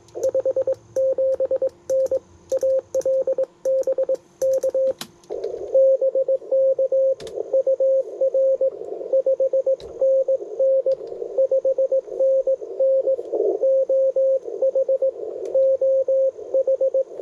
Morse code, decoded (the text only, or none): 57N AL BK BK UR 5NN 5NN OH OH